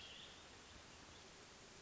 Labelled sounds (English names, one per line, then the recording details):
Hermit Thrush
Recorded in Sonoma County, California